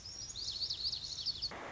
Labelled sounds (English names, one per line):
Lazuli Bunting